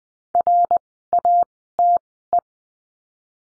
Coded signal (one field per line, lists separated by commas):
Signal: Morse code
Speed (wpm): 20 wpm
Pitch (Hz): 700 Hz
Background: none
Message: RATE